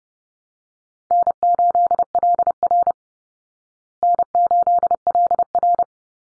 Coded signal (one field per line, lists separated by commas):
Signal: Morse code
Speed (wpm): 30 wpm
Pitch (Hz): 700 Hz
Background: none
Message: N8LR N8LR